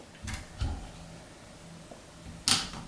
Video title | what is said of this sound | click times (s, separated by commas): Cricut Bright 360 Unboxing - Solve Any Light Problems with Cricut's New Lamp! | There you go. Did you hear that click? | 2.5 s